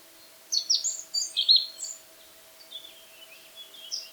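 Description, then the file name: Eurasian blackcap song: a loud run of varied, twittering notes for about a second and a half, then softer scattered warbling fading toward the end. "Sylvia atricapilla"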